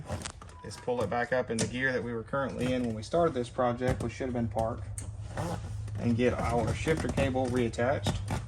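On a Ford E-Series (Econoline) van, the shifter cable end is being handled near the ball stud of the steering-column shift lever, with the lever pulled back into Park so the cable can be reattached. Someone talks throughout over light handling noises, and a brief sharp sound comes right at the end (8.6 s). Nothing has seated or clicked yet.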